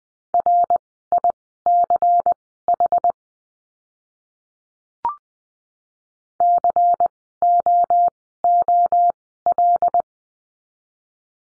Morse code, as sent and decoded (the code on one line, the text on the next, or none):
.-. .. -.-. .... / -.-. --- --- .-..
RICH COOL